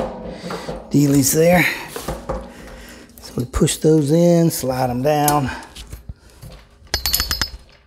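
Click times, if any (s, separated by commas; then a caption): 6.9 s. Someone talks while pushing small plastic snap-in accessory clips into the body of a DeWALT DXV16S shop vac and sliding them down until they lock. A sharp click at 6.9 s marks a clip seating in place, followed by a quick run of smaller clicks. The clip ends up seated.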